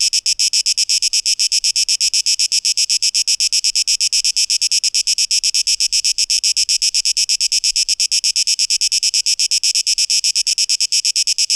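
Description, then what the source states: Cicada buzzing in fast, even pulses, a shrill high-pitched drone that never pauses. Cicadas, 12 August 2023.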